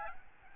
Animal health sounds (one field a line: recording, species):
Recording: mosquito wingbeat signal from an infrared sensor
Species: Aedes albopictus